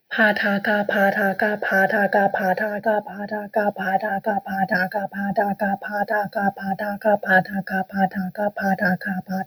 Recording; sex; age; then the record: repeated syllables /pa ta ka/; female; 20 to 29 years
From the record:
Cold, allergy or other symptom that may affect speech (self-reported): no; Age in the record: 28 years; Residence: New Jersey, United States